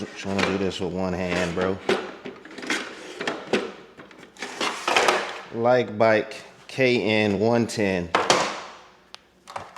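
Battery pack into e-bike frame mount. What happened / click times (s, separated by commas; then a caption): The battery pack is being handled and has not yet locked home / none. A battery pack for a LikeBike KN110 2000W electric off-road bicycle is pushed one-handed toward its mount in the e-bike frame while someone talks. Short knocks and bumps of handling sound through the clip. Nothing has seated or clicked into place yet.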